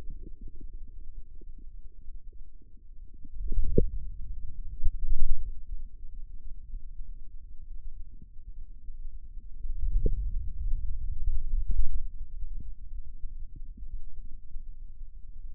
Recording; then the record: forearm muscle sounds (acoustic myography)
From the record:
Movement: ulnar deviation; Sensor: system 2, bracelet of six BSWA MPA416 microphones around the upper forearm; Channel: 3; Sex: male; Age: 22 years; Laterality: right